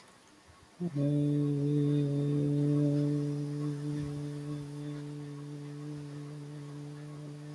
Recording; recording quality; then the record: sustained vowel as in boot; moderate, slight background noise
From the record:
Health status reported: healthy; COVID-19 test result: not tested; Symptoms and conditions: none ticked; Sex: male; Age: 22 years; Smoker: not ticked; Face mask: not worn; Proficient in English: yes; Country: India